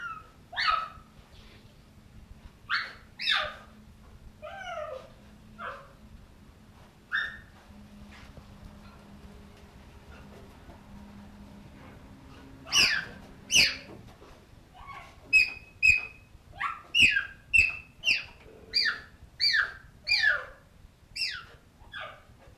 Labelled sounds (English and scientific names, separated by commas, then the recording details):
Cheetah (Acinonyx jubatus) call
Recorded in captivity
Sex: group
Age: adult
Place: Zoo Leipzig, Sachsen, DE
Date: 1966-10-22 15:45
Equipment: Uher 4200 Report Monitor, Sennheiser MD 421, Transistorverstärker
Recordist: Tembrock, Günter
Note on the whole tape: Tiere innen getrennt: ein Weibchen ruft (selten auch das andere), sehr helle Laute, auch Männchen: dunkler, z.T. bellend, Knurren gegen Beobachter und "Purren"